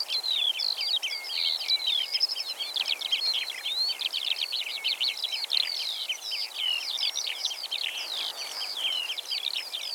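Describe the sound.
Eurasian skylark singing a continuous, rapid stream of high warbled and trilled notes without pauses throughout, over a faint steady background hiss.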